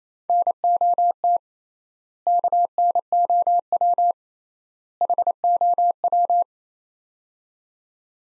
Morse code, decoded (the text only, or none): NOT KNOW HOW